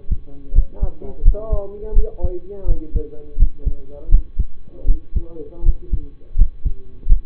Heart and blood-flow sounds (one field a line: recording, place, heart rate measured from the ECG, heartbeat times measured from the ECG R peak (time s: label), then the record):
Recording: heart sounds by stethoscope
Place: between the tricuspid and mitral areas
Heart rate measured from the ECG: 83 bpm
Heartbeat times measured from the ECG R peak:
0.52 s: heartbeat
1.22 s: heartbeat
1.93 s: heartbeat
2.65 s: heartbeat
3.36 s: heartbeat
4.09 s: heartbeat
4.85 s: heartbeat
5.63 s: heartbeat
6.35 s: heartbeat
7.06 s: heartbeat
From the record:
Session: rest, lying down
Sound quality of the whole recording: partially saturated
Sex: male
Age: 25 years